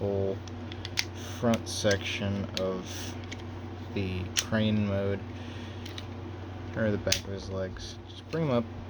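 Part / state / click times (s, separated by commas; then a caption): plastic leg panel into the toy's leg / not seated / none. Someone talks while handling a plastic transforming robot toy (Studio Series 86 Devastator), folding the back leg sections up so the plastic leg panel can go into the toy's leg. A few light plastic ticks sound around 5.9 s, 6.0 s and 8.9 s. The clip ends before the panel goes home, so nothing has seated or clicked yet.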